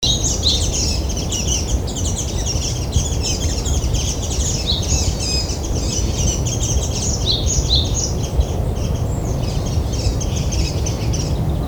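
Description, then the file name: Warbling white-eye song, a continuous jumble of thin, high chattering notes over a dense low background rumble. "mejiro"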